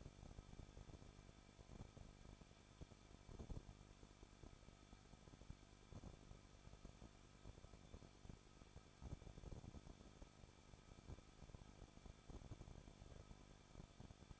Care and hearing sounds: daily activity, microphone in the room; no activity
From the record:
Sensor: 5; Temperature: 20.8 degrees Celsius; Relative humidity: 38.4%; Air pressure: 1006.5 hPa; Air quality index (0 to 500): 190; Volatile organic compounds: 19 ppm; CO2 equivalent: 2670 ppm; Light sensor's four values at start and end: 2/3/1/1 and 2/3/1/1

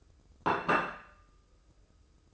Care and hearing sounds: daily activity, microphone in the room; place plate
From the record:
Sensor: 2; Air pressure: 995.1 hPa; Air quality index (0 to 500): 61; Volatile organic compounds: 2 ppm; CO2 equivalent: 1022 ppm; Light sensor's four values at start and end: 14/46/18/17 and 14/46/18/17

